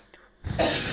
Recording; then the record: coughing mixed with background sound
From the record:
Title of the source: Cough Around the Clock!